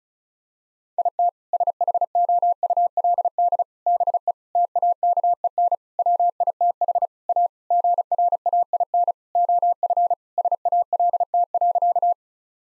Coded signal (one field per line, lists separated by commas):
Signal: Morse code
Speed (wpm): 36 wpm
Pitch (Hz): 700 Hz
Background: none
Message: IT SHOULD BE TAKEN WITH A GRAIN OF SALT.